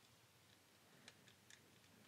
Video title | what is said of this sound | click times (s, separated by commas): Mazda Key Fob: How to Replace Battery | like that and make sure you kind of wiggle it make sure it's solid it's snapped in place | 1.1 s, 1.5 s